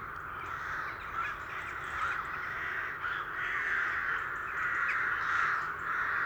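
Rook flock cawing together, a thick unbroken wall of raspy overlapping calls, the chorus swelling and easing slightly in loudness throughout.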